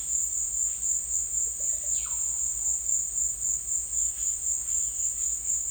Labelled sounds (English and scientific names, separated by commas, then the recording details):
none
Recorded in secondary vegetation near Puerto Asís, Putumayo, Colombia, on 20 December 2024 at 16:30
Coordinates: 0.488, -76.319
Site GP04